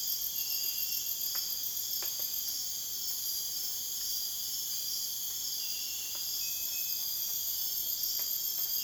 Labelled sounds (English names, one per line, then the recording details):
none
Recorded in dense forest near Puerto Asís, Putumayo, Colombia, on 22 June 2025 at 01:00
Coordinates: 0.484, -76.325
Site H65